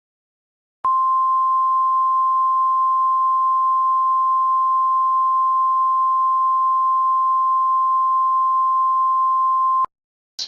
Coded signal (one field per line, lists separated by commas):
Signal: Emergency Alert System (SAME) tones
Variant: 1050 Hz attention tone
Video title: Delawares Doom… MY FIRST EAS MOCK